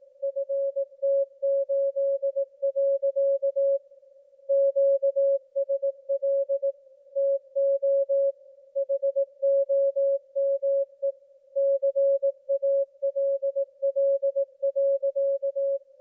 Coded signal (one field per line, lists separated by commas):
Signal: Morse code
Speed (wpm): 18 wpm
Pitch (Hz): 550 Hz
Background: music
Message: FT8. QSL TO HOME CALL.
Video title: 2024-05-30 22:57 ET = W1AW CW broadcast (partial)